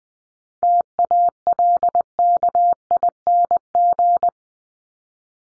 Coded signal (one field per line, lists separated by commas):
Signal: Morse code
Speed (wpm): 20 wpm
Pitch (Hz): 700 Hz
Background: none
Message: TALKING